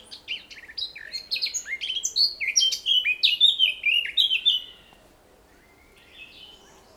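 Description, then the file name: Eurasian blackcap song: a fast, rich warble of varied high chirps and fluty notes lasting about four and a half seconds, followed by near silence with a faint note. "Sylvia atricapilla"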